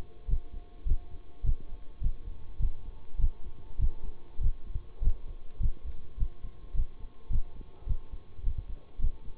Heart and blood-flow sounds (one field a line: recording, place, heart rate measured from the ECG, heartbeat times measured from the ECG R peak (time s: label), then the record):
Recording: heart sounds by stethoscope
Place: between the tricuspid and mitral areas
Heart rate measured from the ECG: 103 bpm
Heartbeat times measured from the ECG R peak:
0.28 s: heartbeat
0.85 s: heartbeat
1.43 s: heartbeat
2.01 s: heartbeat
2.59 s: heartbeat
3.18 s: heartbeat
3.79 s: heartbeat
4.40 s: heartbeat
5.01 s: heartbeat
5.60 s: heartbeat
6.17 s: heartbeat
6.74 s: heartbeat
7.30 s: heartbeat
7.86 s: heartbeat
8.43 s: heartbeat
8.99 s: heartbeat
From the record:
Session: bicycle stress test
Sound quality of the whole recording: good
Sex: male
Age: 26 years